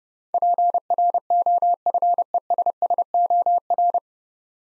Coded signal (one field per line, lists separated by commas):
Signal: Morse code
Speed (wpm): 30 wpm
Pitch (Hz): 700 Hz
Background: none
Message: PROFESSOR